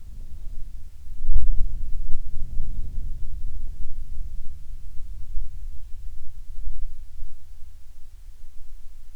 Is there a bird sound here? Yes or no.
no